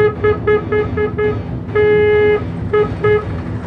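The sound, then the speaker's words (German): The horn of an old, rattling Wanderer three-seater car, driven by a uniformed policeman into the courtyard of Burg Hohenzollern shortly after midnight, honks in a quick run of short, nasal toots, then gives one long blast followed by two more short beeps, loud over a low engine rumble. “Laut hupend fuhr ein klappriger, von einem Polizisten in Uniform gesteuerter Dreisitzer der Marke Wanderer in den Burghof ein.”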